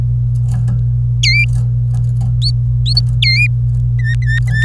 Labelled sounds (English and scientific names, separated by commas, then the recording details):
Domestic Canary (Serinus canaria) song
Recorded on 26 April 2018 at 09:35
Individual llb3